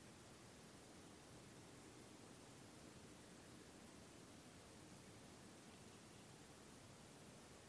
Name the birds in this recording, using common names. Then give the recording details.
none. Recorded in France